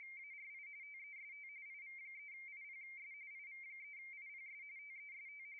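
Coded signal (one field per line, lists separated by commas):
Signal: RTTY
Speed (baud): 45.45 baud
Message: ARI TEST IV3IPS IV3IPS TEST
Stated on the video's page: RTTY in the ARI International DX Contest, single operator two VFO, low power, live stream.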